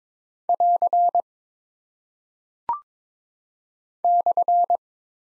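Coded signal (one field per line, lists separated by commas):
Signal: Morse code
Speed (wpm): 22 wpm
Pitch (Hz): 700 Hz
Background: none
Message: <AR> /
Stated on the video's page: Head-copy practice of single punctuation and prosign characters at 22 wpm, each sent in Morse, then spoken, then sent again.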